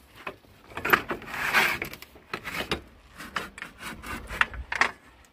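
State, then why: Not seated. A spring-loaded latch on a caravan fitting is handled and moved into position, producing rubbing and scraping sounds with brief sharp knocks around 0.9, 4.4 and 4.8 seconds. The fitting has not yet been snapped into place by its spring, so nothing has seated or clicked yet.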